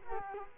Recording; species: mosquito wingbeat signal from an infrared sensor; Culex quinquefasciatus